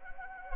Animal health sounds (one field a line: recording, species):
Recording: mosquito wingbeat signal from an infrared sensor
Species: Anopheles arabiensis